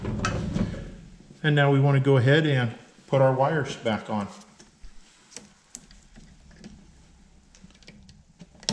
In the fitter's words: all you're going to do with this is slide it in, and you'll hear it snap.